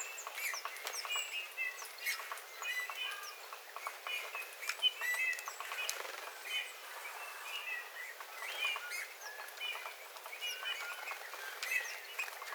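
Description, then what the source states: Eurasian bullfinch song: a busy stream of soft, creaky whistles and piping notes that continues throughout, over a low hiss with crackling clicks. Several bullfinches singing, recorded 13 February 2026.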